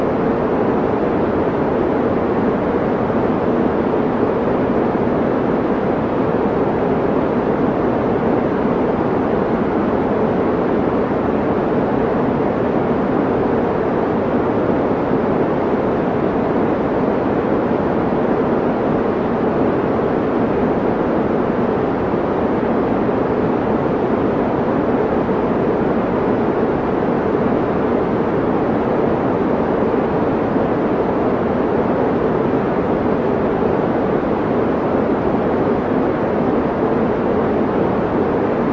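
A steady white noise with its weight in the middle range around 432 Hz, dense and unchanging for the whole stretch. It hisses evenly with no events or pauses, sounding constant, somewhat like the rumble of an engine or moving vehicle.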